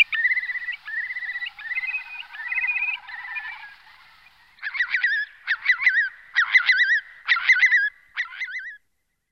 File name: chiurlo maggiore